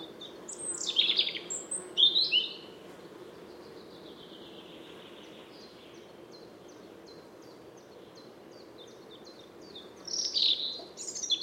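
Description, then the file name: European robin giving short, high, squeaky song phrases at the start and end, with a faint series of regular soft ticking notes filling the quieter middle stretch. "Erithacus rubecula"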